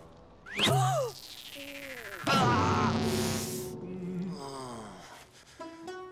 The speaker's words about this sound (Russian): Матвей засмотрелся на нее и ударил молотком себе по пальцу.